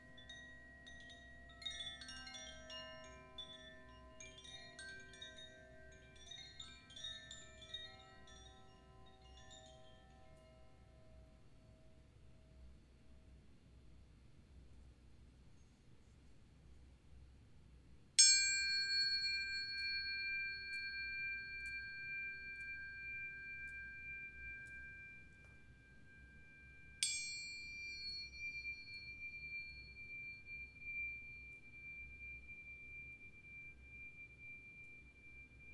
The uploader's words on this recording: Self-Love Sound Bath.